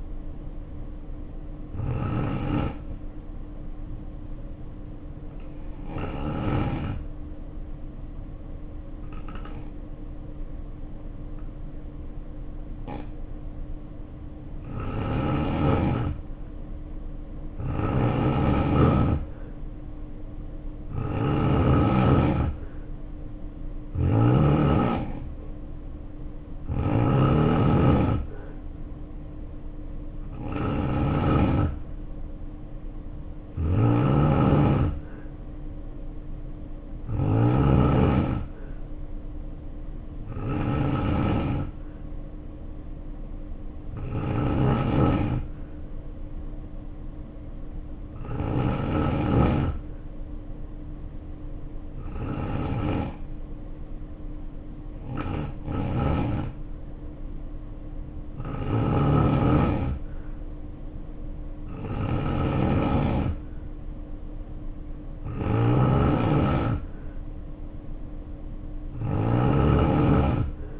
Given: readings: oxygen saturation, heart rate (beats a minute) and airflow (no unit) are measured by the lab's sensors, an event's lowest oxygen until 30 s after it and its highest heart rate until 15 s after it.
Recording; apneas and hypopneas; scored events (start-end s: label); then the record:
breathing in sleep by a smartphone at the bedside; 2
4.00-18.90 s: hypopnea (N2, oxygen 94% highest, then 83% lowest, heart rate 61 at the start, 69 highest)
45.00-63.20 s: hypopnea (N2, oxygen 92% highest, then 88% lowest, heart rate 59 at the start, 63 highest)
From the record:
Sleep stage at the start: N2 (light sleep); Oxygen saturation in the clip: 83 to 94%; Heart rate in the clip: 58 to 69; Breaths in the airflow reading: 20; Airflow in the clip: -3.2 to 3.6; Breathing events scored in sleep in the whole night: 520 in 7.2 hours asleep